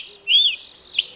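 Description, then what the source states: Bull-headed shrike call: a clear whistled note arching high then falling, followed by a fainter rising note, over a faint low steady hum. Recorded at Yumura Onsen, Shimane Prefecture, Japan.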